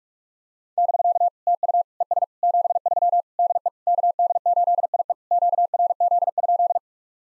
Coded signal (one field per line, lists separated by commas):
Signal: Morse code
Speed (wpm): 44 wpm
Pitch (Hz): 700 Hz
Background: none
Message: <BK> TU ES 73 DE KD8IE QRZ?